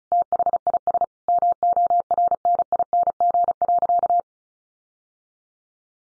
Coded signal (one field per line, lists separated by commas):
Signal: Morse code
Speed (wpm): 34 wpm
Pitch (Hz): 700 Hz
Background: none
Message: THIS MORNING.